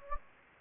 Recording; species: mosquito wingbeat signal from an infrared sensor; Anopheles gambiae